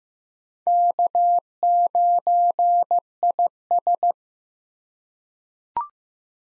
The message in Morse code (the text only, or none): K9IS